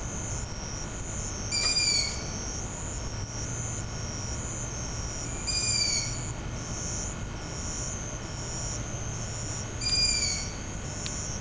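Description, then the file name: Long-eared owl calling with brief descending squeaks roughly every four seconds, a constant shrill hum and low background rumble throughout. "torahuzuku"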